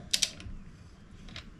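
A torque wrench set to 125 Nm tightens a steel wheel nut on a car wheel and gives a sharp metallic click at 0.1 s, signalling it has reached its setting. A second click follows at about 0.2 s, then a few faint ticks near 0.4, 1.3 and 1.4 s.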